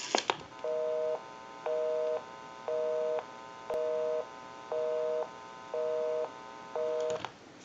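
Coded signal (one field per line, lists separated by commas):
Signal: telephone call progress tone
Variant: North America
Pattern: busy tone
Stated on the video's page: Call progress tone heard on a Stromberg Carlson rotary dial candlestick telephone during checkout and repair.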